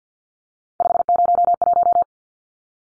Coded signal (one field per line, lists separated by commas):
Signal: Morse code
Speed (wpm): 50 wpm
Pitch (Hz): 700 Hz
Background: none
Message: 501